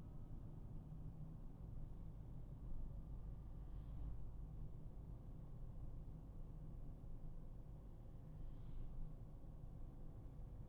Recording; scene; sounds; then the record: everyday scene through a hearing-aid microphone; in a vehicle; engine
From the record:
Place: Berlingo II, diesel engine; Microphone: behind the ear, right, front